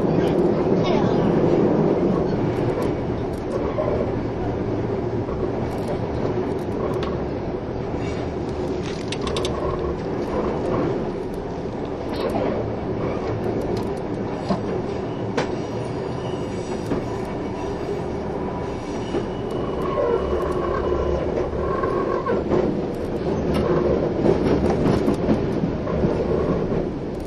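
A train running along the tracks, a continuous low rumble and roar that holds steady for the whole stretch. Quick rhythmic clicks and rattles from the wheels run through it, with brief squeal-like tones rising now and then, especially around the middle and later on.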